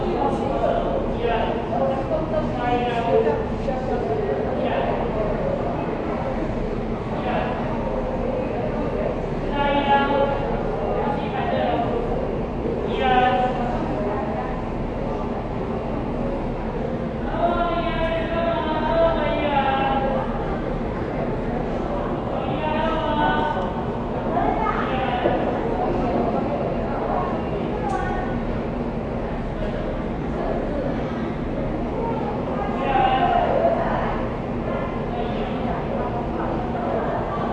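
Waiting for a ride at a transfer station, with people talking in intermittent bursts throughout. A steady low engine-like hum runs underneath the whole time, and the overall level stays even, with no sharp events standing out.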